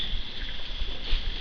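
A male quick-connect fitting is handled at the spring-loaded female quick-connect coupling on a TIG welder line. Only a steady low rumble and a hissy band near 3–4 kHz are heard, with no sharp transients. Nothing has seated or clicked yet.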